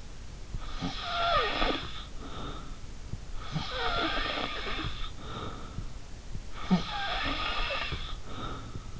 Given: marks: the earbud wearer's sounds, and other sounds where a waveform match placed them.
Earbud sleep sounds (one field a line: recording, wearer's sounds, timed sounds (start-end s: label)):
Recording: sounds in sleep by an in-ear microphone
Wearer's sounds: snoring breath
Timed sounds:
0.59-2.93 s: snoring breath
3.39-5.94 s: snoring breath
6.54-8.99 s: snoring breath